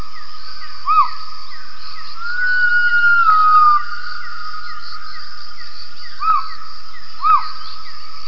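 Gibbon calls: clear whistled notes rising and falling in short arcs, one long level whistle, with fainter whistles and a steady high hum throughout.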